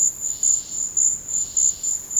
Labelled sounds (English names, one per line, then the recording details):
none
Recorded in secondary vegetation near Puerto Asís, Putumayo, Colombia, on 13 March 2025 at 14:00
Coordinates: 0.484, -76.319
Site G010